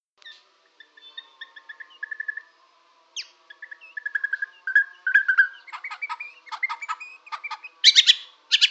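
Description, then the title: White-rumped shama song starting with soft spaced whistles, building into quicker whistled phrases and ending in loud, sharp chattering notes. Borneo. "MURAI BORNEO MAS KIKI"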